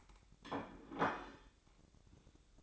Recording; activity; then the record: daily activity, microphone in the room; place plate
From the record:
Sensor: 3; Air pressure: 1007.5 hPa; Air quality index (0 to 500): 53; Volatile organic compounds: 1 ppm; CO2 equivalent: 588 ppm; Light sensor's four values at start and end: 9/21/8/8 and 9/21/8/8